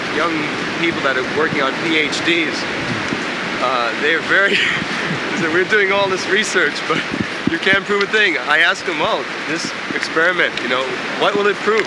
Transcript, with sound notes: young people that are working on Ph.D.'s, they are very... [laughs] They say, "We're doing all this research, but you can't prove a thing." I ask them, "Well, this experiment, you know, what will it prove?"